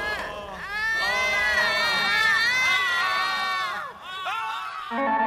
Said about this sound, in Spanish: En ese momento, un viento agresivo trajo consigo el eco de unas voces. Aquellas voces que lo atormentaban todas las noches.